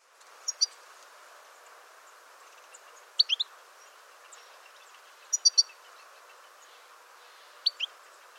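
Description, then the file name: European goldfinch calls: short, bright, high chirps in quick pairs and triplets, coming in bursts every two to three seconds over a faint steady hiss. "Jilguero"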